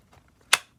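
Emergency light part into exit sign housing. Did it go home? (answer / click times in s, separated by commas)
yes / 0.5 s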